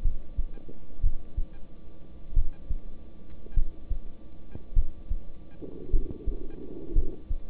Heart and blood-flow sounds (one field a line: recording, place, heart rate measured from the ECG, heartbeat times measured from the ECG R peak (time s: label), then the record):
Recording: heart sounds by stethoscope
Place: between the tricuspid and mitral areas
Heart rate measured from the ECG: 52 bpm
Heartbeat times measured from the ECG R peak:
0.03 s: heartbeat
1.01 s: heartbeat
2.34 s: heartbeat
3.54 s: heartbeat
4.74 s: heartbeat
5.90 s: heartbeat
6.93 s: heartbeat
From the record:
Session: rest, lying down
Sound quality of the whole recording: good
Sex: male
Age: 26 years